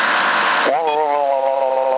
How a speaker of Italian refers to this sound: Con questa radio che non è digitale, se accendo l'altra sento qualcosa non mi sento, capito? Senti solo fruscio e basta. Lo senti questo suono?